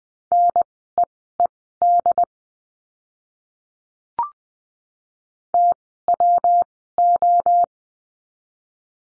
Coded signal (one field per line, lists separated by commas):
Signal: Morse code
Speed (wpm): 20 wpm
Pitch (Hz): 700 Hz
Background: none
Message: NEED TWO